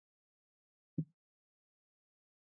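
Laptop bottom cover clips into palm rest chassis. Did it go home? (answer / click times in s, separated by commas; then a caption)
yes / 1.0 s. A plastic bottom cover of a Lenovo LOQ 15IAX9 Gen 9 laptop is laid back on and squeezed down along the back edge so its retaining clips snap into the palm rest. A single quiet, low click is heard at 0.98 s, with otherwise silence, and the clips are seated.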